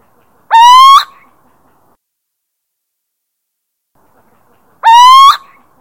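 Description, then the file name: Little owl giving a plaintive, upward-inflected hoot, repeated once after roughly four seconds of quiet; no other sounds. Territorial call, Drenthe, Netherlands. "Steenuil territorium Drenthe"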